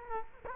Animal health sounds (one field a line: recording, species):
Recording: mosquito wingbeat signal from an infrared sensor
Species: Culex quinquefasciatus